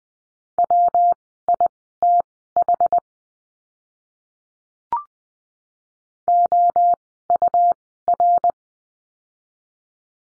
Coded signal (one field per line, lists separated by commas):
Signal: Morse code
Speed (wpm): 20 wpm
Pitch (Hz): 700 Hz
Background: none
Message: WITH OUR